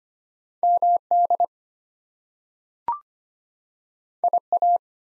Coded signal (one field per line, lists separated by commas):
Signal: Morse code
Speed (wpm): 25 wpm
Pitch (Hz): 700 Hz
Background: none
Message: MD IA